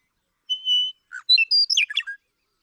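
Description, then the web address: Western meadowlark song: a clear, long whistled note, then a quick tumbling run of gurgling, flute-like notes. "birdsongforthecurious Western Meadowlark"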